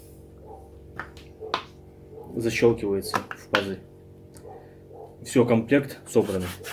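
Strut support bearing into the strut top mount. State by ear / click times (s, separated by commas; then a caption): seated / 1.5 s. During suspension repair on a Peugeot 307, a new plastic and metal strut support bearing is pressed into the strut top mount. Light handling sounds lead up to a sharp snap at 1.5 s as the bearing seats, and then someone talks.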